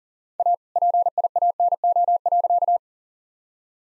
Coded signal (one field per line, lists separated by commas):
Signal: Morse code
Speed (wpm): 40 wpm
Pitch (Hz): 700 Hz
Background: none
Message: A PIANO.